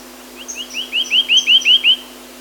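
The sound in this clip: Reunion cuckooshrike calling, a quick run of upslurred whistled notes that build in loudness, with faint high chips behind.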